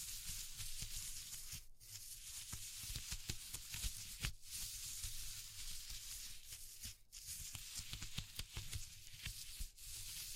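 Dense crackling and rustling textures, like material being rubbed or torn, with brief pauses near two, four, seven and ten seconds.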